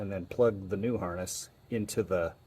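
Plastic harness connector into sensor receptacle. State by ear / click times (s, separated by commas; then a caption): not seated / none. Someone talks while handling the new plastic harness connector of a MADNESS Autoworks MaxPower Pro tuning module, about to plug it into a sensor receptacle in the engine bay of a Fiat 500 Abarth. Only speech is heard. Nothing has seated or clicked yet.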